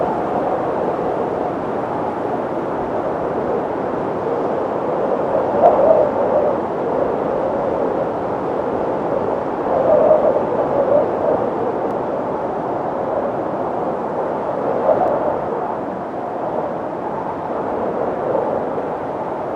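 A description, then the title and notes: Winter wind roars steadily in a dense, mid-pitched rush, swelling in gusts around five, ten and fifteen seconds before easing slightly. Winter windstorm in the mountains. Three hours of cold wind sounds.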